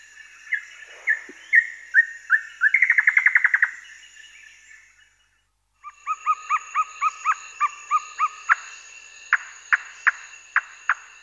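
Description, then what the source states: Western nicator song: a descending run of whistled notes, a rapid rattling burst, then repeated paired notes and sharp clicks over a steady high insect drone. Recorded in Uganda.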